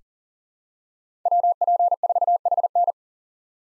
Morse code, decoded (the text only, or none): WP4HN